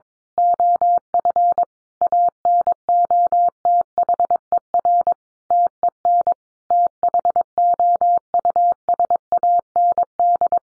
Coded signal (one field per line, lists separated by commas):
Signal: Morse code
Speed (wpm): 22 wpm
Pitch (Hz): 700 Hz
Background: none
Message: OF ANOTHER TEN THOUSAND